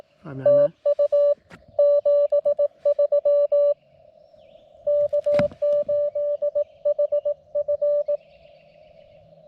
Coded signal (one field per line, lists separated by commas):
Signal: Morse code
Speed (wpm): 18 wpm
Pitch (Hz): 590 Hz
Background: none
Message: TU 73 K8HF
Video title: CW POTA at K-5012 with the Lab599 Discovery TX-500 and Gabil GRA-7350TC antenna